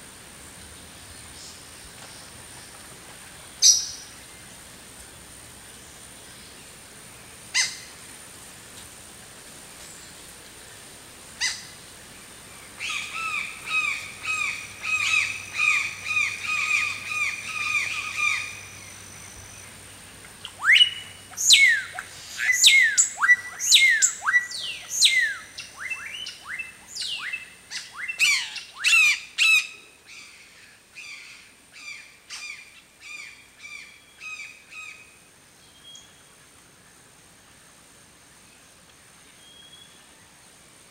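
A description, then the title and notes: Forest birds sing in bright bursts of rapid chirps and sharp rising calls, densest midway, over a faint steady hum, then thin out. In this episode, we bring you the lively sounds of jungle birds singing and chirping in a lush forest. This episode features only natural soundscapes with no dialogue or voice. Jungle Birds Ambience.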